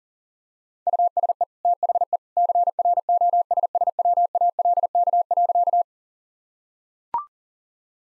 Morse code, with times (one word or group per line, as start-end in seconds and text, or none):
0.9-1.4 USE
1.6-2.2 THE
2.4-5.8 CROSSWALK.